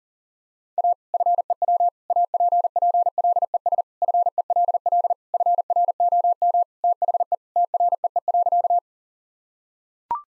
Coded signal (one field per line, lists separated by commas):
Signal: Morse code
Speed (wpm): 40 wpm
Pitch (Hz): 700 Hz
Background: none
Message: A FEW APPLES FELL FROM THE TREE.